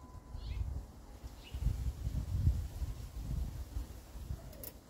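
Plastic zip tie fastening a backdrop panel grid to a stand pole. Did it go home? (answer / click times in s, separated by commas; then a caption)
yes / 4.7 s. A plastic zip tie is threaded through the back grid of a boxwood backdrop panel and around a metal stand pole, then pushed into its lock, with low rustling and handling noise throughout. A short, sharp click at 4.7 s shows the tie is the right way round and will hold.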